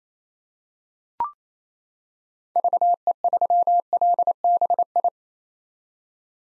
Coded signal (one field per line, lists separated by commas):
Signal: Morse code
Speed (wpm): 27 wpm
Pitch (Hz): 700 Hz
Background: none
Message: VE3LBI